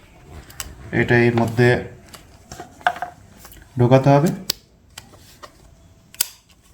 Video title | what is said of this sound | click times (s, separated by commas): Best Pressure Washer For Car And Bike -- AGARO Supreme High Pressure Washer Details In Bangla | and just কট করে একটা আওয়াজ হবে, দেন এটা কিন্তু আটকে যাবে। সো এটা কিন্তু কমপ্লিট। | 6.1 s, 6.2 s